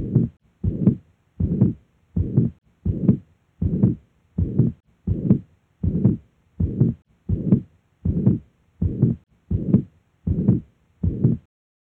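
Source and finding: Heart by stethoscope. Heart sounds on auscultation.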